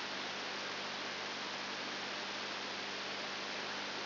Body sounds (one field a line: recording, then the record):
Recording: brain microelectrode recording played as sound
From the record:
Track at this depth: outside the subthalamic nucleus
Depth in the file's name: 7.299 mm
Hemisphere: left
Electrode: 2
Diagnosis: Parkinson's disease